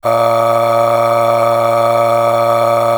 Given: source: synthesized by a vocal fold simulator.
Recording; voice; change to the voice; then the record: sustained vowel; male; aspiration noise (breathiness), level 10 of 10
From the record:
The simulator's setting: 4.92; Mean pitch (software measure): 116 Hz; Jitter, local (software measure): 1.27%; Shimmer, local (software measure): 13.1%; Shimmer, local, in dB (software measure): 1.10 dB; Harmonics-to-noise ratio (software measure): 9.7 dB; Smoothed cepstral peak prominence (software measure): 11.8 dB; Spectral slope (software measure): -16.2 dB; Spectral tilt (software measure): -8.2 dB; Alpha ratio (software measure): -6.7 dB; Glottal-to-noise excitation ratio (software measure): 0.791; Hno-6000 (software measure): 1.8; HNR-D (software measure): 21.2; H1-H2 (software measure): 4.9 dB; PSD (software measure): 8.8e-05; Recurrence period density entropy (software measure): 0.130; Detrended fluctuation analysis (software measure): 0.0531